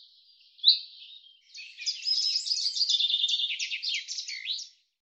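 Common chaffinch singing: a few thin notes and one sharp note, then a cascade of bright, tumbling notes over about three seconds, closing with a swooping end flourish.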